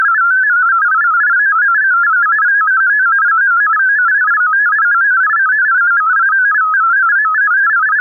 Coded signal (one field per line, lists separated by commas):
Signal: multi-tone FSK (Olivia or MFSK type)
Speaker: data today is FL DG auto-switching the data for now is in FLD